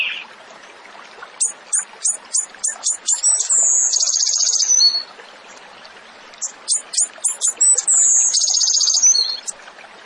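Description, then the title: Tembakan bird song: a quick run of high, sharp chips leading into a long, rasping, buzzy trill, with the pattern repeated after a pause. Masteran training recording for songbirds; the bird is described as gacor, singing often and energetically. "Masteran Burung Tembakan Gacor"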